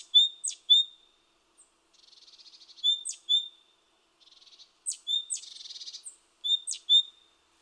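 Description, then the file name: Great tit calls: bright, high paired notes alternating with short, scratchy, buzzing churr rattles. "Parus major"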